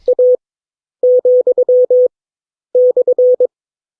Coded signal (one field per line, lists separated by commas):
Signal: Morse code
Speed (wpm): 22 wpm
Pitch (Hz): 500 Hz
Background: none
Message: A,/